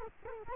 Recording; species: mosquito wingbeat signal from an infrared sensor; Culex quinquefasciatus